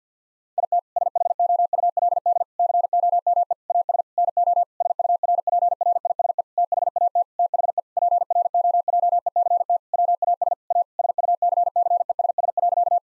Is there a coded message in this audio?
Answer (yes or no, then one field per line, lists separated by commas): yes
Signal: Morse code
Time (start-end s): 0.6-13.0 s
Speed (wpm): 50 wpm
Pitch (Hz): 700 Hz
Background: none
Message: IT SHOULD COME AS NO SURPRISE THAT THE PROJECT WAS A SUCCESS.